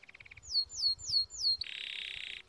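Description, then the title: Timbrado canary song: a short pulsed trill, then four loud descending whistled notes, a steady buzzy rattle, and a brief final note. Canary training video for Timbrado song. "Canary Bird Singing - Timbrado training video"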